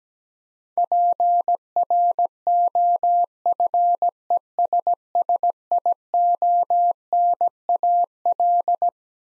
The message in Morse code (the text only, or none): PROFESSIONAL